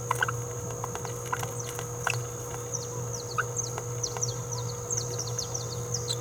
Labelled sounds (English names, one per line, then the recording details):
Green-rumped Parrotlet babbling
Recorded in a nest box in Venezuela
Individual 18B17A4